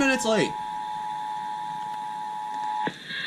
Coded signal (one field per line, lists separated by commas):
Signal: Emergency Alert System (SAME) tones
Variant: 853 and 960 Hz attention tone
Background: speech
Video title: EAS 391-394: Final Georgia RMTs on FM (Moving to Texas in August)